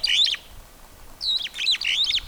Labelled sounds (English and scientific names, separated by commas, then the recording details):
Superb Starling (Lamprotornis superbus) flight call
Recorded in Kenya